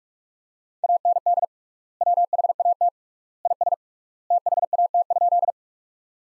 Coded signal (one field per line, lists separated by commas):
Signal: Morse code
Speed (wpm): 47 wpm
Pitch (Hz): 700 Hz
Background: none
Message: AND WHAT IS THAT?